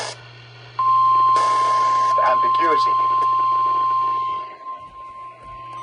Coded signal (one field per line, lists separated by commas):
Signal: Emergency Alert System (SAME) tones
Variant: 1050 Hz attention tone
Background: speech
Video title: YOU ARE ALSO OF ONE WARNINGS... EAS Alerts From 1/9/26 - 1/10/26 (EAS#5,080 - 5,090)